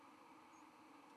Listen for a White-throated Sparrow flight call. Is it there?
no